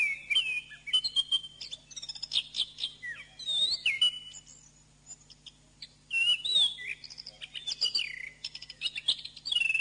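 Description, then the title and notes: Bird song in two bursts of quick whistled phrases and chattering trills, separated by a brief quieter gap, with a low constant hum. Birdsong used for training birds. "MASTERAN BURUNG. suarane manok"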